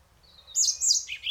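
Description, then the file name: European robin song fragment: a soft high rising note leading into shrill, tumbling warbles that drop at the end. "Erithacus rubecula"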